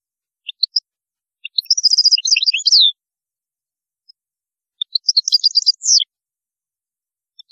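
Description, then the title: European goldfinch song: two bursts of rapid, tinkling twitters and trills high in pitch, each about one to one and a half seconds long, separated by a short silence. "Chant Chardonneret"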